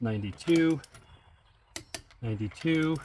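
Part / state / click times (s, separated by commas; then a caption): click torque wrench on wheel lug nut / torque reached / 1.8 s, 2.0 s. A click-type torque wrench tightens another lug nut on a Subaru wheel until it clicks at its set torque, with sharp clicks at 1.8 s and 2.0 s. Someone talks before and after the clicks.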